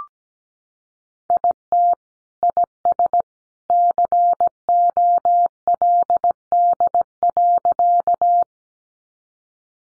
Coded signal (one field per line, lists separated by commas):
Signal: Morse code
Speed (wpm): 17 wpm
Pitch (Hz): 700 Hz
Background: none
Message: IT IS COLD.